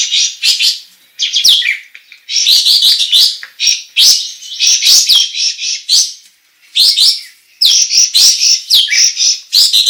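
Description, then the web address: Bulbul song of busy, twittering, warbled phrases, repeated in bursts with short pauses near one and a half and six and a half seconds. Described as gacor, meaning singing actively and continuously. "kapas-tembak suara-kapas-tembak-gacor"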